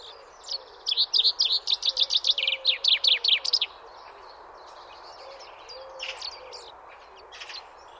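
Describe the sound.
Common chaffinch singing one rattle of sharp notes that closes with a quick flourish. Faint chirps follow.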